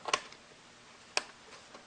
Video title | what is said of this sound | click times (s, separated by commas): Cleaning a DC59 Animal Cordless Dyson | and pry it up until you hear it pop. There's the first click. | 1.2 s